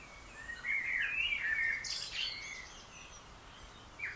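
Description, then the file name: Common blackbird song, a soft warbled phrase with a high scratchy twitter in the middle, then quiet with a brief note at the end. "Turdus merula"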